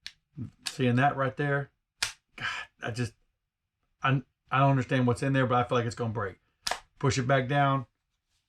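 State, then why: Not seated. A folding plastic arm on a Holy Stone HS270 GPS small consumer drone is handled and pushed back down toward its folded position while someone talks throughout. Short, sharp handling sounds occur near 0.1 s and 2.0 s. The arm has not yet clicked into place by the end of the clip.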